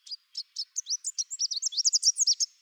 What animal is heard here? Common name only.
Chestnut-capped Warbler